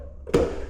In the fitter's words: it clicks in.